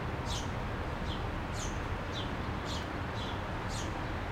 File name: city square calm distant traffic birds Marseille France MSwa